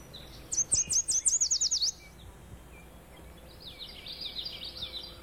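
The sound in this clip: Yellow warbler singing a quick run of about ten high, sweet, slurred notes, then a fainter second phrase follows over steady background hiss.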